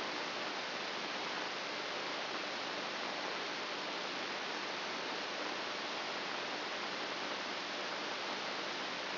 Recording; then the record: brain microelectrode recording played as sound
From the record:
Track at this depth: outside the subthalamic nucleus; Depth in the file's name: 1.041 mm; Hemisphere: left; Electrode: 2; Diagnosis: Parkinson's disease